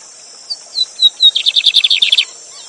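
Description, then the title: Lined seedeater delivering a brief song: four clear descending whistles, then a quick rattling, buzzy trill, backed by a continuous high hiss. Song tutor bird named Gavião Negro singing live with a waterfall; from an online album of lined seedeater song. "Novo Canto de Bigodinho. Bigode Gavião negro professor de canto cantando ao vivo com cascata!"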